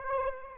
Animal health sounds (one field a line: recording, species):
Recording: mosquito wingbeat signal from an infrared sensor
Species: Aedes aegypti